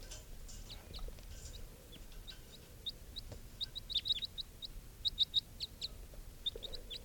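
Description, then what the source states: Crossbill calls, sharp high chips, scattered at first and then in quicker clusters, over a soft low background hiss. Captive bird number 430, around 8:55, with a small wild flock of four perched on a stump nearby.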